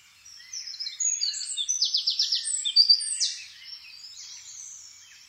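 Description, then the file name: Eurasian wren song: a burst of high, quick trills and sharp notes over about three seconds, trailing into softer twittering. "Troglodytes troglodytes"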